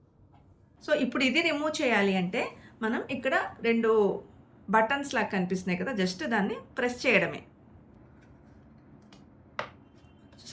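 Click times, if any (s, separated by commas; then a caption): 9.6 s. Someone talks, then two release buttons are pressed on the plastic brush cover of a Eureka Forbes robotic vacuum cleaner. A small, sharp tick is heard at 9.6 s as the cover release latch clicks open, releasing the cover for removal.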